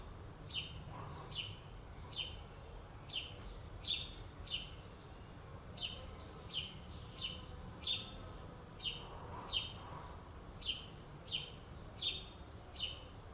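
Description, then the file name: House sparrow chirping: bright, downward-sweeping chirps repeated steadily, a little faster than one per second, over a low background rumble. "Passer domesticus"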